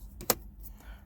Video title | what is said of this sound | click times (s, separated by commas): 2005-10 Honda Odyssey climate control bulb replacement | seat it, locked. | 0.3 s